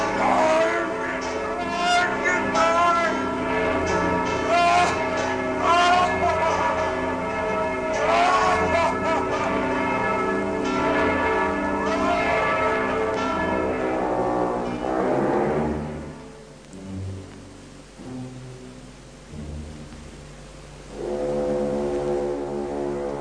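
Church bells rung by the bell-ringer Quasimodo, hanging from their ropes, peal together in a dense wash of overlapping, resonant tones with repeated strikes, loud and sustained, then fade to a quieter lingering hum before a softer ringing returns at the end.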